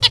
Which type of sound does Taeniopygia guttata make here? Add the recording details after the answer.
hat call. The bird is a male. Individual mal1